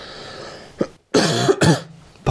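After a faint throat sound, two loud, rough cough bursts follow in quick succession, each with a throaty, partly voiced quality close to throat clearing. It is a plain adult male cough, heard in a quiet room.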